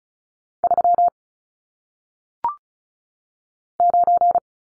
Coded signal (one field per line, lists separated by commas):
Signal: Morse code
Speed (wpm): 36 wpm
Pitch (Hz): 700 Hz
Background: none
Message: 3 9